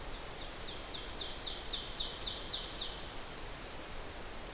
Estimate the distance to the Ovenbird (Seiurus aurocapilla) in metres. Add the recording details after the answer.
about 80 m. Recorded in boreal forest in Alberta, Canada, on 12 June 2016 at 06:05. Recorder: SongMeter 3, array SBT-3-18. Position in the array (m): 67 m, 300 m. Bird 32